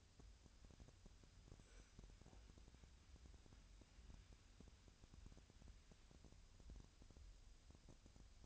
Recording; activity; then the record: daily activity, microphone in the room; wipe stove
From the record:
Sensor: 2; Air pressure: 1006.9 hPa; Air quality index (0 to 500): 199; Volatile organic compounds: 14 ppm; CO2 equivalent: 2445 ppm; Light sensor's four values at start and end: 9/23/9/9 and 9/23/9/9